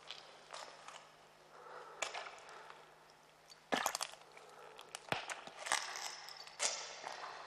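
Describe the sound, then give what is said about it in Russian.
A writer's footsteps echo through a tunnel, a handful of sharp, loud treads landing at a measured but slightly uneven pace over a constant hiss, with no one speaking. “Мерный звук шагов, чередование темных и освещенных зон тоннеля через равные промежутки задает определенный ритм, помогает справиться с волнением.”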